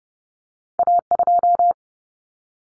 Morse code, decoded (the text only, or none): A2